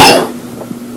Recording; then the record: coughing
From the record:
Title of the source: Coughing 77